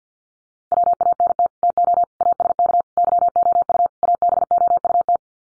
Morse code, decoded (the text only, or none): WANT TO ASK YOU ABOUT